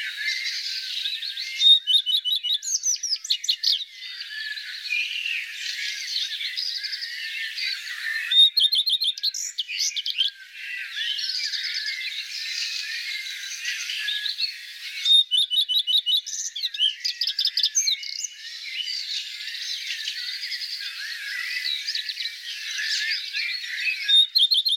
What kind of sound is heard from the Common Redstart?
song